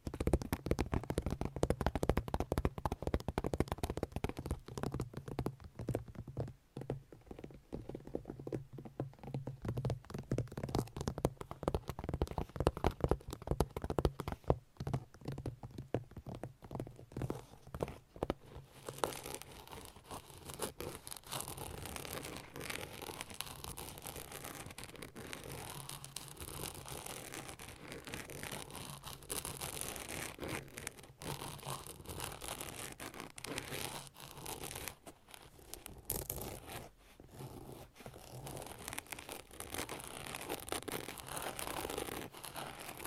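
Long nails tap and scratch in dense rapid bursts, with a low hum through the first eighteen seconds, then brighter, softer steady scratching.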